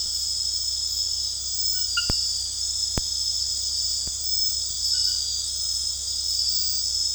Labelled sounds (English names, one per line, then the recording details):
none
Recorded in dense forest near Puerto Asís, Putumayo, Colombia, on 18 February 2024 at 22:30
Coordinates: 0.485, -76.322
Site G6406